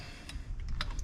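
A metal fitting is slid up a truck's positive battery cable being rebuilt on a small anvil. A few faint ticks come before and after a sharp, short metallic click at 0.8 s, when the fitting locks into place.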